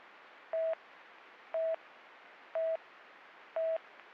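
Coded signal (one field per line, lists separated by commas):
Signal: none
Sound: police radio channel beeps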